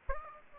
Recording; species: mosquito wingbeat signal from an infrared sensor; Aedes aegypti